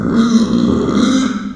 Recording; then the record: squeal of a Yucatan mini pig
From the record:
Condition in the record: after surgery on the right vocal fold (resection and tissue-engineered implant); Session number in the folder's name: 9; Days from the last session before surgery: 65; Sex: female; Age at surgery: 19 weeks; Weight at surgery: 25 kg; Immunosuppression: prednisolone